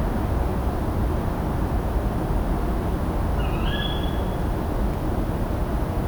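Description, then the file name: Tawny owl uttering one brief, sharp call that rises and then flattens out, midway through, set against continuous low rumbling noise. "Strix aluco - Tawny Owl"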